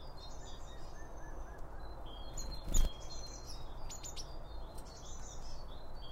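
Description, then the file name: Birds twittering in high, quick chirps, with a single loud knock midway and a constant low rumble beneath. Birds around a bird feeder; recorded with two Line Audio OM1 microphones. "Birds Around Birdfeeding With Two Om 1 From Line Audio"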